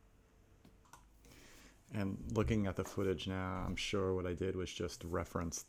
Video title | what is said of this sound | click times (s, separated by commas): cedar viking table | and you'll see this like just pops right in | 0.9 s